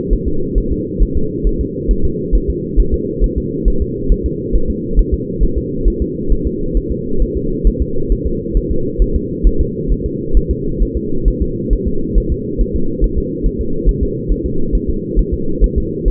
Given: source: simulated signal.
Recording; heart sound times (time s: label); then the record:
fetal heart sounds
0.13 s: S1
0.28 s: S2
0.58 s: S1
0.72 s: S2
1.03 s: S1
1.17 s: S2
1.47 s: S1
1.61 s: S2
1.91 s: S1
2.05 s: S2
2.35 s: S1
2.50 s: S2
2.79 s: S1
2.94 s: S2
3.24 s: S1
3.38 s: S2
3.68 s: S1
3.82 s: S2
4.12 s: S1
4.26 s: S2
4.55 s: S1
4.70 s: S2
4.99 s: S1
5.14 s: S2
5.43 s: S1
5.58 s: S2
5.88 s: S1
6.02 s: S2
6.32 s: S1
6.47 s: S2
6.77 s: S1
6.92 s: S2
7.22 s: S1
7.37 s: S2
7.67 s: S1
7.82 s: S2
8.12 s: S1
8.27 s: S2
8.57 s: S1
8.71 s: S2
9.02 s: S1
9.16 s: S2
9.47 s: S1
9.61 s: S2
9.92 s: S1
10.06 s: S2
10.37 s: S1
10.51 s: S2
10.82 s: S1
10.97 s: S2
11.28 s: S1
11.42 s: S2
11.73 s: S1
11.88 s: S2
12.18 s: S1
12.32 s: S2
12.61 s: S1
12.76 s: S2
13.04 s: S1
13.18 s: S2
13.46 s: S1
13.61 s: S2
13.89 s: S1
14.03 s: S2
14.32 s: S1
14.46 s: S2
14.75 s: S1
14.89 s: S2
15.19 s: S1
15.34 s: S2
15.64 s: S1
15.78 s: S2
16.08 s: S1
From the record:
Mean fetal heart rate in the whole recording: 135 bpm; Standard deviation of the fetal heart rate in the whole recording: 3 bpm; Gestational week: 36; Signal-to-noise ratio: -8.1 dB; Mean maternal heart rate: 72 bpm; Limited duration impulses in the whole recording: absent